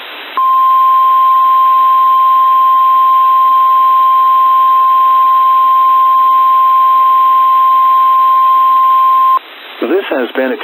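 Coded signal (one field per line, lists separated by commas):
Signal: Emergency Alert System (SAME) tones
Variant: 1050 Hz attention tone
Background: speech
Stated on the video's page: SAME tones and 1050 Hz tone of an NWS Spokane Required Weekly Test received off NOAA weather radio WXM48 Wenatchee, 162.475 MHz.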